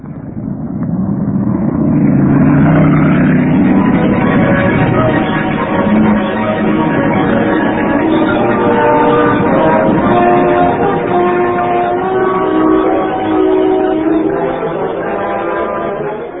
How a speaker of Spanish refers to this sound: El veloz auto Sport, de marca aristocrática, guiado por las manos diestras de Calimán, avanzaba vertiginoso